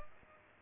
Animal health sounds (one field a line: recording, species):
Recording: mosquito wingbeat signal from an infrared sensor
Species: Culex pipiens